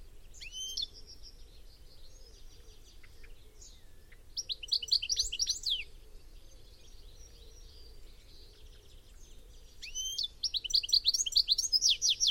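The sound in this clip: Bird song: a rising whistled sweep, scattered high chips, then rapid bursts of sharp down-slurred notes near the middle and again at the end.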